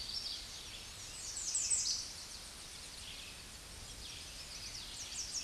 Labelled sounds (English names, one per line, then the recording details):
American Redstart song
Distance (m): 5 m
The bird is about 5 m above the microphone
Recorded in a Pennsylvania forest on 16 May 2024 at 09:02
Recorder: AudioMoth, point MSD-0526
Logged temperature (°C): 16.6 °C
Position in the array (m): 103 m, 225 m